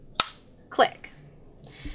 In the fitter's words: will start by taking the prong portion adapter and snapping into the power cord until you hear a loud click